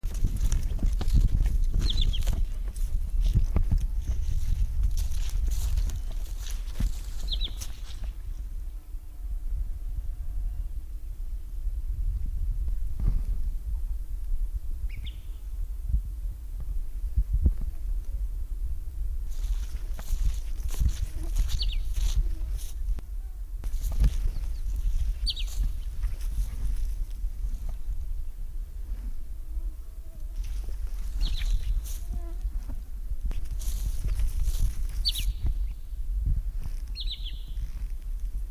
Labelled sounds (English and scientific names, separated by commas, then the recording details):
Wood Sandpiper (Tringa glareola) call
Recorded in the wild
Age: adult
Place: Halbinsel Kindo, Karelien, RU
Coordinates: 66.5433, 33.0997
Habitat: bog
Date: 1990-07-07 22:07
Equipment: Uher 4000 Report Monitor, Sennheiser MKH 416 T
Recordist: Frommolt, Karl-Heinz
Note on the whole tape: Am oberen See: Rufe von zwei Tieren. Eines davon ist eindeutig als Alttier identifiziert worden. Aufnahme im ersten Teil etwas geschnitten